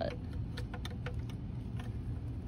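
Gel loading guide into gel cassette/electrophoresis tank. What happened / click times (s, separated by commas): Handled, not yet home: plastic guide repositioned with light taps, no clear seating click / none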